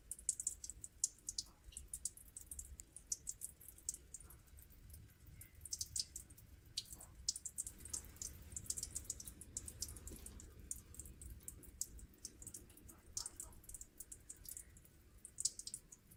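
An experimental river recording: a steady low rumble under dense, irregular bright clicks and ticks that come in quick clusters throughout.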